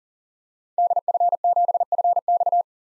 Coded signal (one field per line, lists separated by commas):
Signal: Morse code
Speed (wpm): 40 wpm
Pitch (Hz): 700 Hz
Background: none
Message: DF7FX